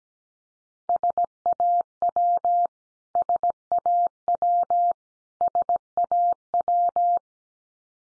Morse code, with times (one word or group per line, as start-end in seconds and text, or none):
0.9-2.7 SAW
3.2-4.9 SAW
5.4-7.2 SAW